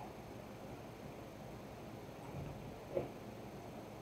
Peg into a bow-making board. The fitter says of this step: want to hear it snap there we go you want to hear that then